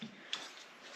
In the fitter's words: A little poof of air and a little click at the end.